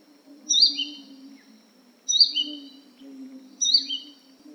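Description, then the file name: Crimson sunbird, three sharp high-pitched call bursts, each a quick falling chirp, roughly every one and a half seconds against a low steady hum. "suara panggilan burung madu matari. omkicau"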